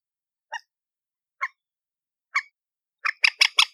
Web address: aswat Dajaj Alma